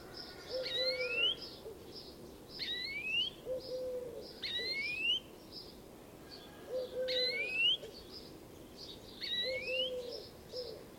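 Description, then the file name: European greenfinch giving rising, wheezy calls that sweep upward, repeated several times, with a lower hooting note sounding alongside. "Chloris chloris"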